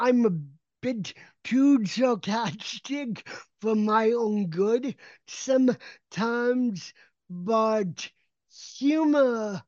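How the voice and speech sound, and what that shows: Slow, effortful adult speech with drawn-out syllables and frequent pauses, yet clearly understandable: a mild motor speech impairment. The speech did not come naturally and was developed through speech therapy beginning around age 7.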